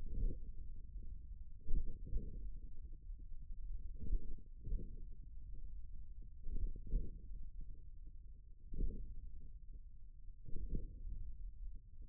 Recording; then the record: forearm muscle sounds (acoustic myography)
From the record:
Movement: hook grip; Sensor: system 1, eight BSWA MPA416 microphones around the upper forearm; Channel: 6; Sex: male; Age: 41 years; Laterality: right